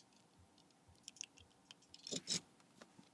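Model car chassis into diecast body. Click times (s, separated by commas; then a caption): 1.1 s, 1.2 s. A model car chassis is pushed into the diecast body of a DYDO Nissan Fairlady kit after its screw has been driven in. Sharp snaps come at 1.1 and 1.2 seconds, followed by a louder clattering rattle around 2.1 to 2.4 seconds. The chassis has snapped in but is not fully seated.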